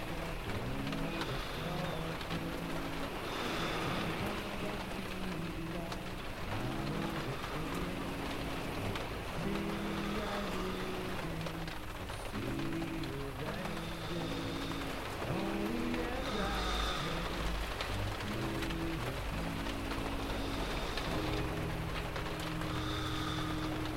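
Steady rain hisses evenly through the whole stretch, dense and unbroken, with no change in loudness. Beneath it, low murmuring tones rise and fall in short phrases every few seconds, like muffled voices.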